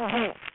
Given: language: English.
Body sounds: throat vibration sensor signal played as sound; throat clearing

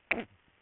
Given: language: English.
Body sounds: throat vibration sensor signal played as sound; cough

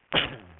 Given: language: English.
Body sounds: throat vibration sensor signal played as sound; cough

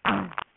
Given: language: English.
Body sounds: throat vibration sensor signal played as sound; throat clearing

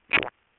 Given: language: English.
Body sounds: throat vibration sensor signal played as sound; swallow

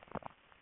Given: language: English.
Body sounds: throat vibration sensor signal played as sound; swallow

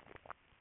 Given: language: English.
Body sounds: throat vibration sensor signal played as sound; swallow

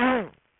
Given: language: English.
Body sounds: throat vibration sensor signal played as sound; throat clearing

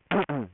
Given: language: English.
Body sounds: throat vibration sensor signal played as sound; throat clearing

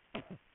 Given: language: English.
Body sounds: throat vibration sensor signal played as sound; cough

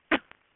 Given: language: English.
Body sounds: throat vibration sensor signal played as sound; cough

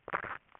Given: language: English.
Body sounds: throat vibration sensor signal played as sound; swallow

